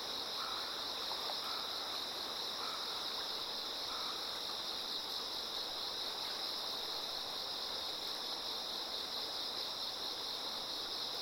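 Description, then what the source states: Steady high-pitched insect chorus rings without pause above rushing river water, with a few brief faint notes early on. Insects singing in chorus beside a slowly flowing river.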